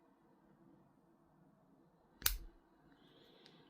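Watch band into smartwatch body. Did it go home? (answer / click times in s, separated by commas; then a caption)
yes / 2.3 s. A watch band is fitted into the body of a Samsung Galaxy Watch Ultra 2 smartwatch during unboxing. After a quiet stretch, a single sharp click at 2.3 seconds locks the band into place, followed by faint softer handling sounds. The band is seated.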